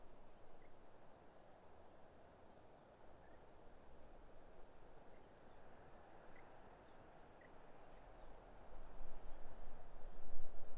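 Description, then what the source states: Grasshoppers give an unbroken, evenly pulsed high buzz over low wind noise that grows louder toward the end. Autumn afternoon, lukewarm, 6 May 2015, arid hills of the Barrier Ranges near Broken Hill, Australian outback; wind through desert she-oaks.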